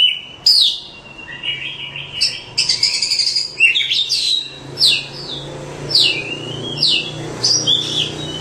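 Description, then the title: Oriental magpie-robin song: loud, varied whistled phrases and sharp downslurred notes repeated roughly every second, with a faint low hum underneath. "Kacer. Burung"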